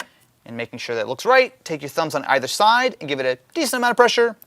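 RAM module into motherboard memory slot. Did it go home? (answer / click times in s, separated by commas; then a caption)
no / none. A RAM module is lined up in a motherboard memory slot and handled while someone talks. It is not yet pressed home, and nothing has seated or clicked yet.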